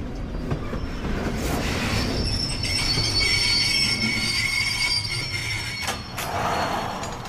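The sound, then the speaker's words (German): A freight train bound for Seebrügge rumbles steadily along the rails with a dense, continuous rattle, while high, thin metallic squeals from the wheels ring out above it through the middle of the run. “Immerhin schliefen wir ein, vom Rattertamm der Gleise gewiegt.”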